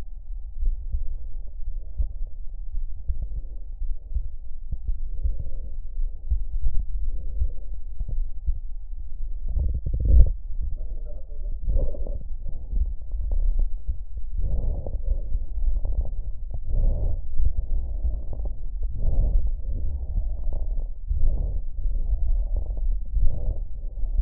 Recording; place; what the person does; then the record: lung sounds by stethoscope; left anterior apical chest; quiet breathing, then deep breathing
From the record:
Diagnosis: interstitial lung disease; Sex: male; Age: 82 years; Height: 158 cm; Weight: 49 kg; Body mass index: 19.6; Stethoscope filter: extended mode